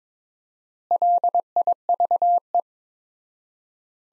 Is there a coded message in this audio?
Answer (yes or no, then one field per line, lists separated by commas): yes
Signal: Morse code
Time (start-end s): 0.9-2.6 s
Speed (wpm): 21 wpm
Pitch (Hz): 700 Hz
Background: none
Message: LIVE